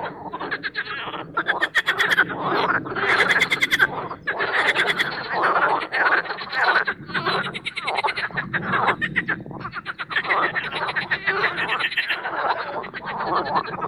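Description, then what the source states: Intense marsh frog chorus, unbroken overlapping rattling croaks and laughing trills, over a steady low rumble. Spring mating chorus in an artificial boating pond at Parc Chédeville, Oise; after a cold night, the chorus intensifies as an airplane passes.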